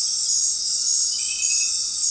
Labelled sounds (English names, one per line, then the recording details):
none
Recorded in dense forest near Puerto Asís, Putumayo, Colombia, on 19 February 2024 at 19:30
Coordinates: 0.500, -76.322
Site G6465